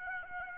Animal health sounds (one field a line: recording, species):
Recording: mosquito wingbeat signal from an infrared sensor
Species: Aedes aegypti